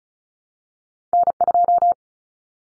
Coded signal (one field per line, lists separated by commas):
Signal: Morse code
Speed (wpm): 34 wpm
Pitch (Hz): 700 Hz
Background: none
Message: N2